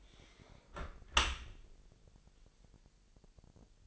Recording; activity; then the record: daily activity, microphone in the room; close dishwasher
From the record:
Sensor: 5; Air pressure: 1000.8 hPa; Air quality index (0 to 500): 247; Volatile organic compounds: 34 ppm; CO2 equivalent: 3042 ppm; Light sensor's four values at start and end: 31/71/28/26 and 31/72/29/27